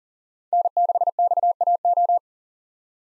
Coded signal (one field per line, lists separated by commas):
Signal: Morse code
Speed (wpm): 38 wpm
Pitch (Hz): 700 Hz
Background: none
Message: N6XAO